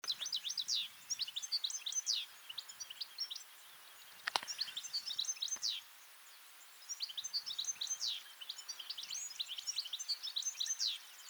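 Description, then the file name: European goldfinch twittering: several bursts of rapid, tinkling high chirps with pauses between them, and a few sharp clicks partway through. "Carduelis carduelis"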